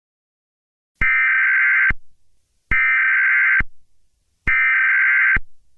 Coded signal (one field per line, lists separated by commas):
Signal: Emergency Alert System (SAME) tones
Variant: header bursts